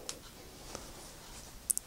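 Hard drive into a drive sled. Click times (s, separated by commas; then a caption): 1.8 s. A hard drive is pressed into a plastic drive sled with rubber screw holes and snaps into place with a sharp click at 1.8 s, just after a brighter tick at about 1.7 s. Two fainter ticks come earlier at 0.1 s and 0.8 s over a quiet background. The drive is seated in the sled.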